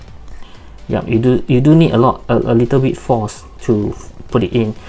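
A third-party cap is pushed with a little force onto a camera body mount while someone talks through most of the clip. Two faint, brief ticks come at 0.0 s and 0.3 s before the talking begins. Nothing has clicked or seated yet; the cap goes on without a click and is suspected to be wrong.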